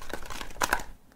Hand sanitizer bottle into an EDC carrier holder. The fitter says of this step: these are replaceable but they do come with one if you want to just fill that one up snaps in place